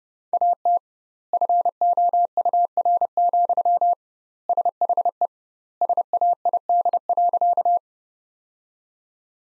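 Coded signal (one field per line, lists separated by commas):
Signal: Morse code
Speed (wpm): 32 wpm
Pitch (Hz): 700 Hz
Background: none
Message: AT FOUR, SHE SAID.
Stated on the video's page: Morse code practice: sentences from the top 300 words sent at 30 wpm with twice standard word spacing, a word-level analogue of Farnsworth spacing.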